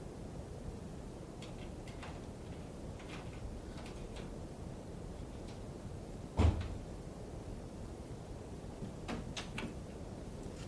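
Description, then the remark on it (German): A door is unlocked with the caretaker's key and opened: a few faint metallic clicks, then one sharp, solid clunk midway, with softer rattles after, all over a steady background hiss and no talking. “Hören Sie, da ist jemand an der Tür.”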